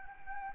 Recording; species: mosquito wingbeat signal from an infrared sensor; Anopheles gambiae